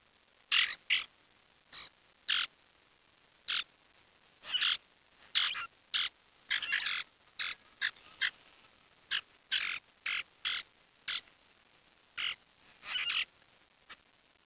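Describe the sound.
Bird calls: many short harsh bursts repeated irregularly against a quiet background.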